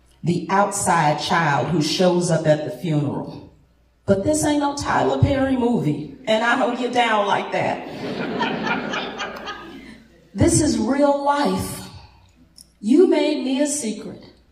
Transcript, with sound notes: The outside child who shows up at the funeral. But this ain’t no Tyler Perry movie, and I don’t get down like that [laughter] This is real life. You made me a secret.